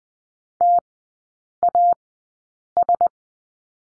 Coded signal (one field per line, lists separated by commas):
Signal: Morse code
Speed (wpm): 20 wpm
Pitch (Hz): 700 Hz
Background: none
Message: TAS